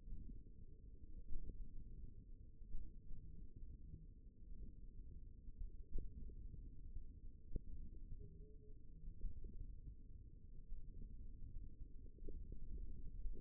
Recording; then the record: forearm muscle sounds (acoustic myography)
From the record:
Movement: hand closing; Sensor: system 1, eight BSWA MPA416 microphones around the upper forearm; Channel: 1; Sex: male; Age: 54 years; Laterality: right